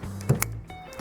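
An electrical connector with a plastic retainer clip is pushed up by hand onto the driver-side high beam headlight bulb of a 2008-2014 Dodge Avenger during a no-tools headlight replacement. Over a low steady hum, a softer knock at 0.3 s leads into a sharp, bright click at 0.4 s. The connector clicks in and is seated.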